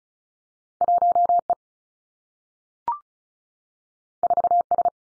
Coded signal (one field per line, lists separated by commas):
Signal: Morse code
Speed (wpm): 36 wpm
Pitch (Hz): 700 Hz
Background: none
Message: 1 E 4 S